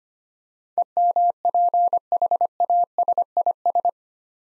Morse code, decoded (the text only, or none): EMPHASIS